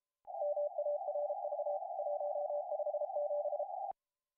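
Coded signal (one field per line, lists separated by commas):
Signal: Morse code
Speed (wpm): 33 wpm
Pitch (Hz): 590 Hz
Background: none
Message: MARV 157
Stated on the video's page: CWT contest operation, first time running.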